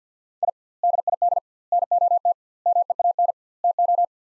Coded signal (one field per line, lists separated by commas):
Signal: Morse code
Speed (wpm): 50 wpm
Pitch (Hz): 700 Hz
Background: none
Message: I DID NOT MEAN TO